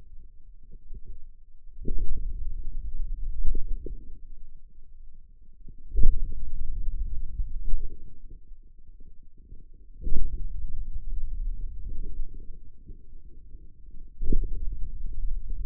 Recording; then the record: forearm muscle sounds (acoustic myography)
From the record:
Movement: pen grasping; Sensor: system 2, bracelet of six BSWA MPA416 microphones around the upper forearm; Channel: 6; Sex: male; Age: 22 years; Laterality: right